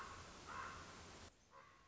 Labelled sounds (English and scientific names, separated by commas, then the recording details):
Common Raven (Corvus corax)
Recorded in Sonoma County, California